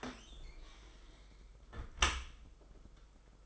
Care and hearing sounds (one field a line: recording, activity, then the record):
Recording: daily activity, microphone in the room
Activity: close dishwasher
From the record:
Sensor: 5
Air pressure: 991.5 hPa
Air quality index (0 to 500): 115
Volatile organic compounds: 33 ppm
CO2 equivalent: 3025 ppm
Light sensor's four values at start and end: 39/125/47/50 and 39/123/47/50